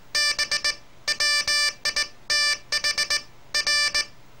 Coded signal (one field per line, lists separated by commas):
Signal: Morse code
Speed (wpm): 18 wpm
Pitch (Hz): 1750 Hz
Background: none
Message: B WITH R